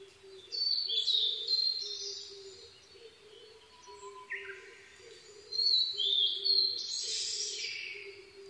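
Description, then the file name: Blue-and-white flycatcher song: two bright whistled phrases of high notes, several seconds apart, over a steady low pulsing hum. 22 May 2011 at 04:34. "ooruri-20110522-0434"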